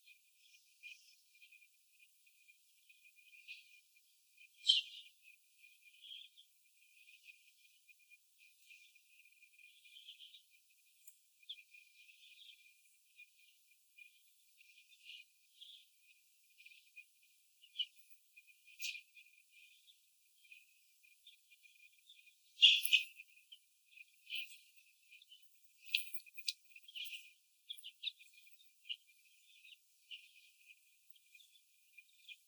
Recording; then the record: young laying hens in a cage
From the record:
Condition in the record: after the stressor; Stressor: sudden umbrella opening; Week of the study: 2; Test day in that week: 1